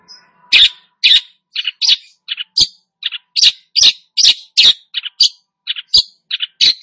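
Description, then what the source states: Long-tailed Shrike delivering loud, rapid, scratchy chirps one after another, pitch jumping between notes, in an unbroken lively stream. Bird described as "gacor", Indonesian term for a bird singing vigorously and continuously.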